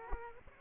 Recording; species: mosquito wingbeat signal from an infrared sensor; Aedes aegypti